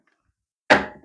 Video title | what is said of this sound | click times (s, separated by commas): GAGGIA ANIMA PRESTIGE: UNBOXING i PIERWSZE URUCHOMIENIE - Jak UŻYWAĆ i CZYŚCIĆ? | wsuwając go na miejsce, aż kliknie tutaj na dole. | 0.7 s